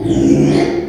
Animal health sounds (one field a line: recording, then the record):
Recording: squeal of a Yucatan mini pig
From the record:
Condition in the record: after surgery on the right vocal fold (resection and tissue-engineered implant)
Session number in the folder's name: 3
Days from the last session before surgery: 33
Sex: male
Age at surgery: 12 weeks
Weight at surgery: 13 kg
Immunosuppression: cyclosporine, prednisolone